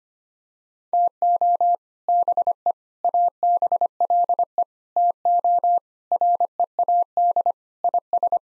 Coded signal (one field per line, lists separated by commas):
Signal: Morse code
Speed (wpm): 25 wpm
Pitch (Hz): 700 Hz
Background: none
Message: TO BE ABLE TO READ IS